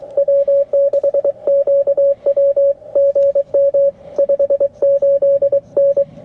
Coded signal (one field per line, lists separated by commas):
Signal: Morse code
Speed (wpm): 23 wpm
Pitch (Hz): 590 Hz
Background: radio noise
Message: W6QW GM 58N